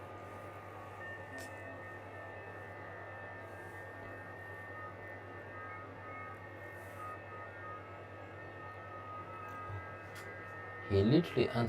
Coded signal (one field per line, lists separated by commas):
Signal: FT8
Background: speech